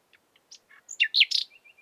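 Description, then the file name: Common nightingale gives a short burst of song: a few soft clicks, then loud twisting whistled notes and a buzzy note, fading into faint thin notes. "Luscinia megarhynchos"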